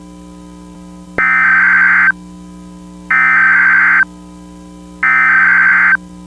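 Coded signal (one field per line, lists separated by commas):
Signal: Emergency Alert System (SAME) tones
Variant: header bursts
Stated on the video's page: Fictional EAS scenario, not a real alert.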